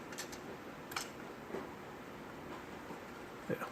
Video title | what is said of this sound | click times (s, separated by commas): Bandai Gunpla HGUC 1/144 Gabthley (UC/Zeta Gundam) Review | There we go. It snaps right in there. | 0.9 s, 1.0 s